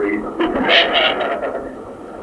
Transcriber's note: laughter